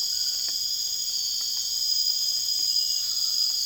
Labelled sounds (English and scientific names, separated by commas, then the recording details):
none
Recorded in secondary vegetation near Puerto Asís, Putumayo, Colombia, on 30 June 2025 at 21:30
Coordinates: 0.485, -76.322
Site GP06